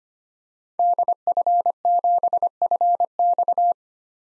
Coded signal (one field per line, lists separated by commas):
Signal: Morse code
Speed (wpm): 25 wpm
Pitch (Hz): 700 Hz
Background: none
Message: DF7FX